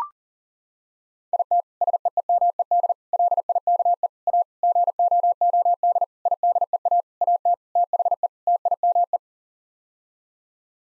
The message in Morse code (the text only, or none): IT SEEMED LIKE A GOOD IDEA AT THE TIME